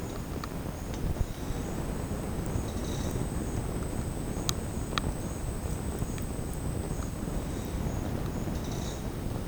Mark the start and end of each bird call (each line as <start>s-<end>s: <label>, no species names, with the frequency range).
8.56s-9.07s: bird call (3.4-7.0 kHz)